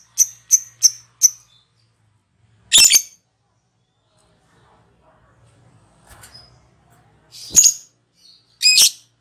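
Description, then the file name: Lovebird giving four quick, thin chirps, then harsh squawks separated by pauses. Lovebird calling in the ngekek style, the local name for a song type. "suara burung lovebird ngekek"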